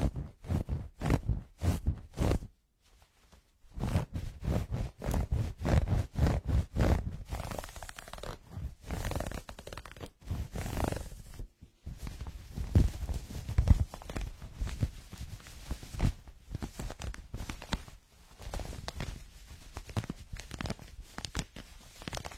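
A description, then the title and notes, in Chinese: Rubbing of snug pajama fabric, a quick run of scratchy, swishing strokes that come in bursts with brief pauses near 3, 11 and 18 seconds. The strokes are crisp and dry with a soft low thump under each. 摩擦贴身睡衣。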